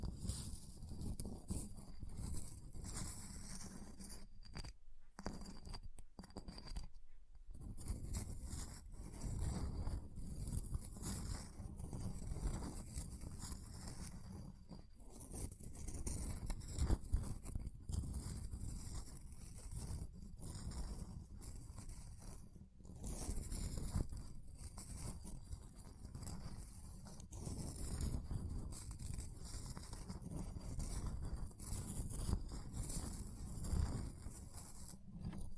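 Ice being scratched and carved, with a steady low rumble running underneath throughout. Rough scraping strokes come in irregular bursts, with brief gaps of near silence around 5, 7 and 23 seconds before the grinding resumes.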